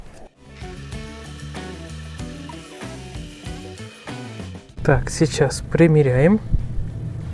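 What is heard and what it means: A wooden piece is handled and test-fitted onto an old wooden fence that is being repaired, while music plays and someone talks, with the louder talk late in the clip. Nothing has seated or clicked yet.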